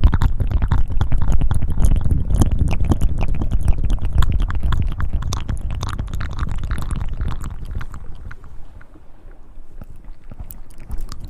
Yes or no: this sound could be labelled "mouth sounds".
yes